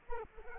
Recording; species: mosquito wingbeat signal from an infrared sensor; Culex quinquefasciatus